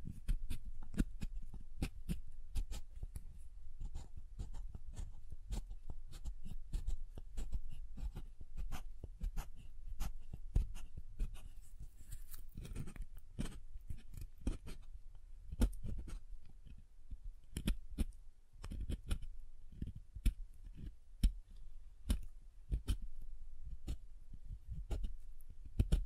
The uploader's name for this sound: SoftHard Soap Tapping and Carving